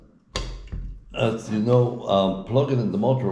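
After mounting a BTX Tumo drapery motor, the motor cable plug is pushed into the drapery motor's connector and seats with a sharp click at 0.4 s, followed by a fainter tap at 0.7 s. Someone then talks.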